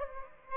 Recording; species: mosquito wingbeat signal from an infrared sensor; Aedes aegypti